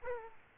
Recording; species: mosquito wingbeat signal from an infrared sensor; Aedes aegypti